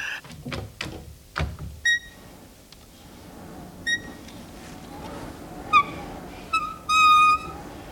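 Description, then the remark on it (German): A window is eased open: a few soft knocks and rattles of the frame, then scattered short, high squeaks, ending in a longer, louder creaking squeal of the hinge. “Nun, das Fenster. Ganz behutsam. Dass es nicht wieder wie eine verräterische Elster knarrt.”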